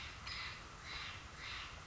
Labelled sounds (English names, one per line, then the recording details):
Steller's Jay
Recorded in Sonoma County, California